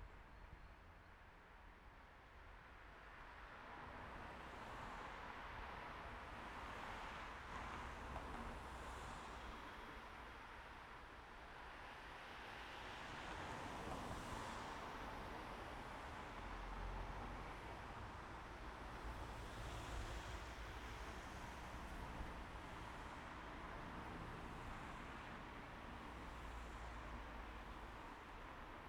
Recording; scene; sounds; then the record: everyday scene through a hearing-aid microphone; in traffic; traffic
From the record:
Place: main road on the outskirts, rush hour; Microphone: behind the ear, right, rear